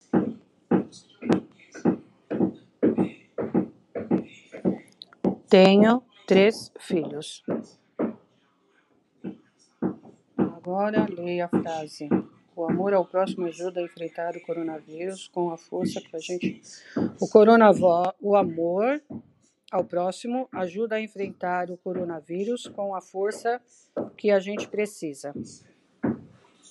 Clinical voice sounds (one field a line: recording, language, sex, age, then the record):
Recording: spoken sentence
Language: Brazilian Portuguese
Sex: female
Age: 60 to 69 years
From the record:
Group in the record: control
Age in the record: 62 years